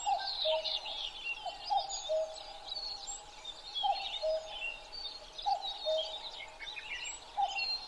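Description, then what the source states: Common cuckoo calls, each a falling two-note cu-coo, sounding several times against a busy background of high bird song. Recorded 12 June 2011 at 03:53.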